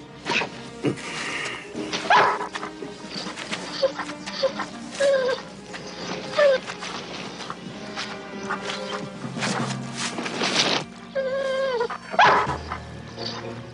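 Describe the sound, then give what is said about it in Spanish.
A dog barks in short, sharp bursts, broken up by high, thin whimpers and whines that rise and fall throughout, with a steady low rumble underneath. “Si no hubiera sido por este perro, no podría contarlo.”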